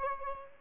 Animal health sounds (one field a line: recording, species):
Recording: mosquito wingbeat signal from an infrared sensor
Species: Aedes albopictus